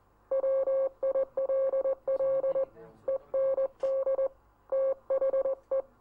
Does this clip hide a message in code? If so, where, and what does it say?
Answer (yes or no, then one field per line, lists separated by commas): yes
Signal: Morse code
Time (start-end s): 0.3-5.8 s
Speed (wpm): 20 wpm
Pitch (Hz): 540 Hz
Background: none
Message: WILL END THE